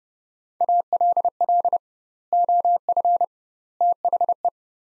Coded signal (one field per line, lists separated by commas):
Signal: Morse code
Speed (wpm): 30 wpm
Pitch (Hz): 700 Hz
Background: none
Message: ALL OF THE